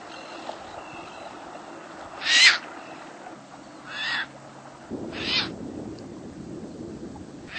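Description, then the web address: Caspian tern giving harsh, rasping calls, three or four short grating bursts a second or two apart over a steady background hiss. "cotor. Caspian Tern"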